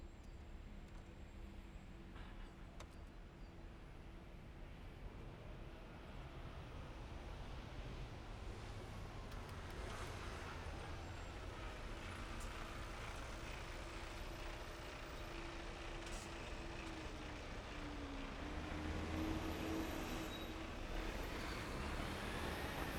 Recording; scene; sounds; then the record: everyday scene through a hearing-aid microphone; in traffic; traffic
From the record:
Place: main city hub, rush hour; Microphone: behind the ear, right, rear